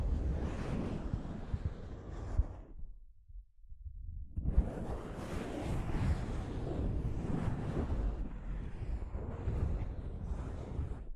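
Soft fabric brushes a microphone in dense, rumbling rustles, with a brief near-silent gap around three seconds before the scratchy rubbing resumes steadily.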